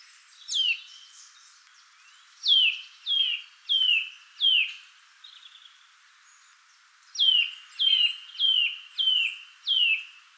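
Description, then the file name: Eurasian nuthatch calling, loud whistled notes each sliding steeply downward, delivered in steady runs of four or five about every half second with brief gaps. "Sitta europaea"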